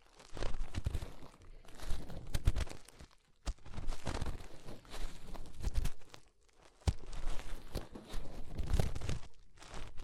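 Fingers rub and scrape inside an ear, making rough, crackly rustling that comes in bursts of a second or two with short quiet gaps. Sharp clicks and pops break through now and then, and a dull low rumble runs under the scratching.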